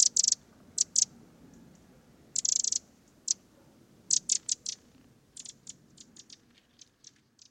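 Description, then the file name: Eurasian wren with dry ticking rattles, several clattering bursts early, then a run of quicker, softer ticks fading toward the end. "Troglodytes troglodytes"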